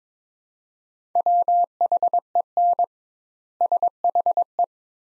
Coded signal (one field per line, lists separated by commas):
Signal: Morse code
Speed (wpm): 22 wpm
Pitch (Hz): 700 Hz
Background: none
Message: WHEN SHE